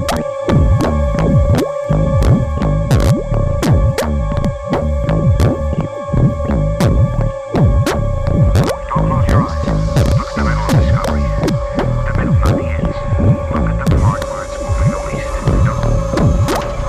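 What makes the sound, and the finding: Device. Tinnitus simulation.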